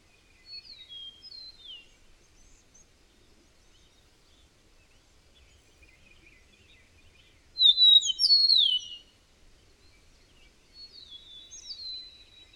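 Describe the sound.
Bird song in quiet surroundings: soft early phrases, then a loud burst of descending whistled slurs around the eighth second, and a quieter phrase near the end.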